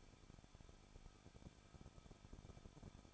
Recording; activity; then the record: daily activity, microphone in the room; no activity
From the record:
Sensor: 5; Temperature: 20.8 degrees Celsius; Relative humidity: 38.6%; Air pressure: 1006.4 hPa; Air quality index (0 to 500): 191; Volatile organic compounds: 21 ppm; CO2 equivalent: 2707 ppm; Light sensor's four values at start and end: 2/3/1/1 and 2/3/1/1